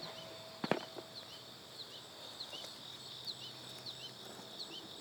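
A plastic tier of a stacking vertical planter is being handled and pushed down toward the tier below it, with a brief sharp knock at about 0.7 s followed by soft, faint handling sounds. High, repeating chirps and a steady outdoor hiss continue throughout. The tier has not seated or clicked into place yet by the end of the clip.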